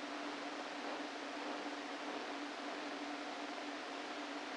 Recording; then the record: brain microelectrode recording played as sound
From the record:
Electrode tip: inside the subthalamic nucleus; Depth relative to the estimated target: 0 mm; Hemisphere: left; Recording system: NeuroSet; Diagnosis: Parkinson's disease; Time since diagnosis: 13 years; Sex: male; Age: 49 years